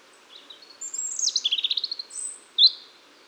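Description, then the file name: European robin song: thin high notes leading into a rapid descending trill, then a sharp high whistled flourish. "Erithacus rubecula"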